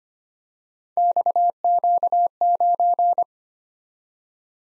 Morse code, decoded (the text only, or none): XQ9